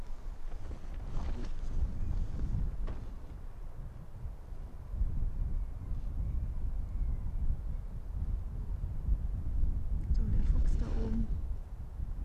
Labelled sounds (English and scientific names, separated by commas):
Arctic Fox (Vulpes lagopus)